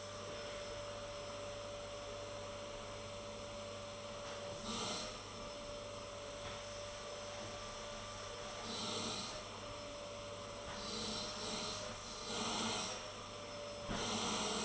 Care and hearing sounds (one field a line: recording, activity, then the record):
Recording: daily activity, microphone in the room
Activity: vacuum cleaning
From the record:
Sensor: 4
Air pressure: 1008.5 hPa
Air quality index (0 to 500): 62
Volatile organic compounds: 1 ppm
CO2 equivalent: 598 ppm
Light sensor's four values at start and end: 14/31/12/12 and 14/32/13/12